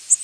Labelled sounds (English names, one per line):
Worm-eating Warbler flight call